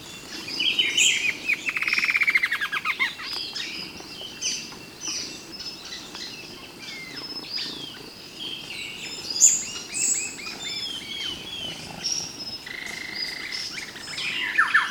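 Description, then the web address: Bird produces a fast descending trill near the start, then a busy mix of chirps, clicks and short whistles fills the rest. "BIRD 2015 SABIOD 50 bird 2015"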